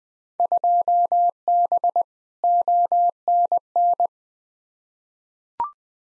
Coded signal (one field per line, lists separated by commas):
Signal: Morse code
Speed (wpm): 20 wpm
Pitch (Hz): 700 Hz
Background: none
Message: 2B ONN